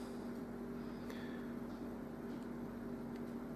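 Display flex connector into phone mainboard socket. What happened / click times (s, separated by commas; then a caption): The flex connector is being lined up and has not clicked in yet / none. A display flex-cable connector for a Nokia Lumia 900 LCD screen replacement is worked around by hand to line it up on its phone mainboard socket. Over a steady low hum, there are only faint handling ticks, the clearest at about 1.1 seconds. The connector has not seated or clicked yet.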